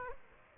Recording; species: mosquito wingbeat signal from an infrared sensor; Aedes aegypti